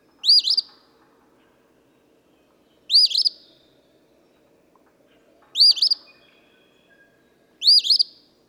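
Eastern phoebe singing a short, raspy two-part phrase, repeated four times at uneven intervals of roughly two to three seconds.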